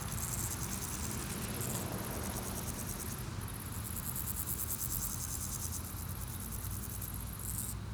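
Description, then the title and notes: Grasshoppers stridulating in dense, fast-pulsed high-pitched buzzes that run almost continuously, with heavy low traffic noise underneath. Grasshoppers on a sunny day at Chaussée de Tervueren, Pins Noirs, Auderghem, Brussels, Belgium, with car traffic; recorded with DPA 4060 AB pair into Zoom F3. "Chaussée de Tervueren, Pins Noirs, Auderghem, Bruxelles-Capitale, 1160, Belgique - Sauterelles - Grasshoppers. Sunny day, grasshoppers, bikes, cars, tram 44. Journée ensoleillée, sauterelles, vélos, voitures, tram 44"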